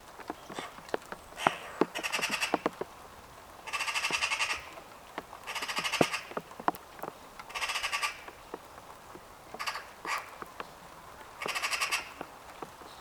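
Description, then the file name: Eurasian magpie giving harsh rattling chatters, several bursts of rapid grating notes, with sharp clicks and taps between. "Pica pica"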